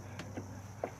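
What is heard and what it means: A new liftgate gas strut's plastic ball socket, with a little grease inside, is lined up on the lower metal ball stud of a 2008 Ford Escape / Mercury Mariner whose hatch keeps falling down, and pressed on by hand. Three short, light ticks of handling sound at about 0.2, 0.4 and 0.8 s over a steady low hum, the last being the sharpest. Nothing has seated or clicked yet.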